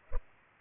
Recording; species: mosquito wingbeat signal from an infrared sensor; Culex pipiens